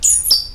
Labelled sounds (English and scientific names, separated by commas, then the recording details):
Stitchbird (Notiomystis cincta) song
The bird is a male
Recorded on Tiritiri Matangi Island, New Zealand, in 2005
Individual 20, of nest box 28